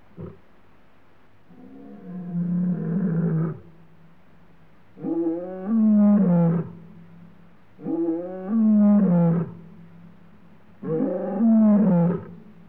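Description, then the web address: Lion roaring with four drawn-out, resonant moans about three seconds apart, with a faint low hum between them. Male lion roaring, Africa. "BBC Sound Effects Library. Africa. Lions, Male Lion Roaring"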